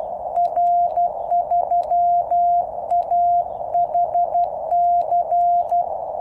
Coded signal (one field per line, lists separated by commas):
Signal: Morse code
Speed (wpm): 12 wpm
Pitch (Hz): 700 Hz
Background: radio noise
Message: R3AHC